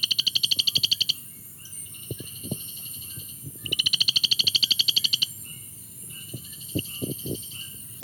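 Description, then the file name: Brown marsh frog giving long trains of fast, high pulses in two main bursts, separated by a few seconds of quieter clicking. Recorded at Mulu. "Rana baramica - Mulu BAse"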